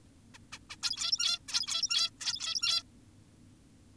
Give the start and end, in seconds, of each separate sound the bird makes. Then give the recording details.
0.34-0.38, 0.52-0.59, 0.70-0.76, 0.83-1.39, 1.48-2.10, 2.20-2.83. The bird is an adult. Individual g17y2U